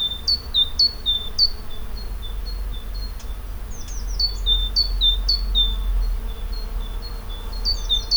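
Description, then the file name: Great tit delivering repeated see-saw phrases of a higher then lower whistled note, several bursts in a row, against continuous low-frequency noise. "Parus major"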